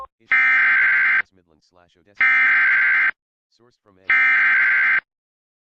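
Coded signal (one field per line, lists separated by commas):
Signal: Emergency Alert System (SAME) tones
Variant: header bursts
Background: speech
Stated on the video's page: Real EAS alerts received on FM radio and an internet radio station.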